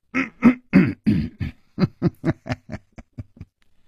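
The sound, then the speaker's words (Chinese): A storyteller voices a shopkeeper's soft, staged cough in a 2018 Beijing storytelling broadcast. The cough is broken into about a dozen short, rhythmic bursts that start fuller and gradually fade away, with no other talking. “这个时候，掌柜的忽然轻轻地咳嗽了一声。”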